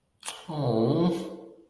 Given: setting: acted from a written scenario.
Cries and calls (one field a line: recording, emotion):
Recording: vocal sound without words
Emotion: adoration